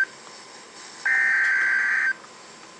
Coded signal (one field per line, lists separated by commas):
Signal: Emergency Alert System (SAME) tones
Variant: header bursts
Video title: Severe Thunderstorm Warning {EAS #73}